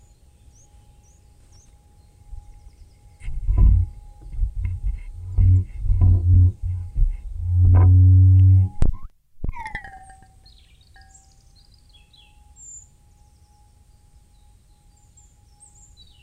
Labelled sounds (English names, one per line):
Short-toed Treecreeper